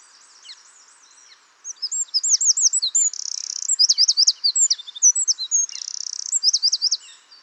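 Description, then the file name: Eurasian wren song: a fast, high run of looping twittering notes broken by two dense buzzy trills. "Troglodytes troglodytes"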